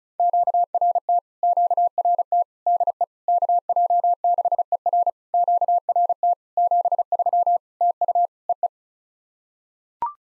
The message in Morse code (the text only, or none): QRT QRT DE KJ6ER QRT 73 TU EE